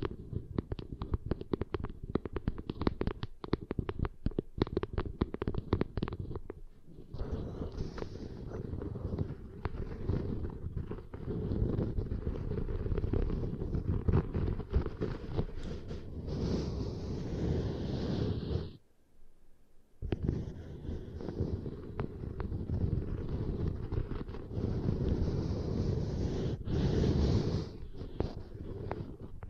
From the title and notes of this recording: ASMR Brain Melting Ear Extension Triggers for Sleep (No Talking).